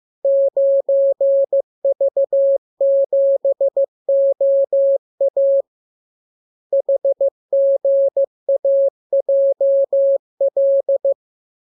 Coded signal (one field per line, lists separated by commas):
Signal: Morse code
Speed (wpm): 15 wpm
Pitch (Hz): 550 Hz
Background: none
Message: 9V7OA HGAJL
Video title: Learning Morse Code. Lesson 37. Letter KMURESNAPTLWI.JZ=FOY,VG5/Q92H38B?47C1D